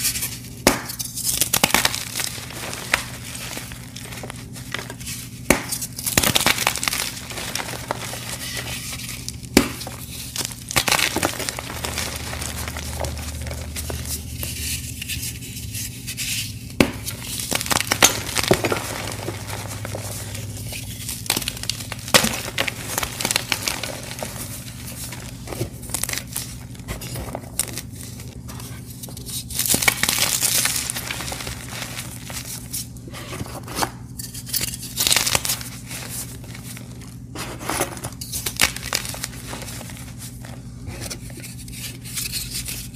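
Dyed gym chalk is crushed in a steady run of crisp, crumbly crackles and crunches, dense and bright throughout the 43 seconds. Sharper snaps stand out near 6, 17, 30 and 37 seconds, over a low constant hum underneath.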